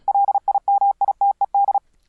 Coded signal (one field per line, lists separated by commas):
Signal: Morse code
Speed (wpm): 35 wpm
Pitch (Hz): 800 Hz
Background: none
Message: LIMITED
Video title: Morse Code Software - overview of some great CW apps - 2014